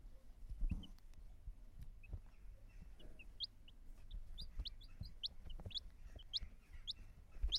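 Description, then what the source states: Chicken chicks peeping: many short, high, thin peeps, often rising or falling sharply, scattered rapidly throughout over low rumbling and occasional knocks and rustles. Small chickens.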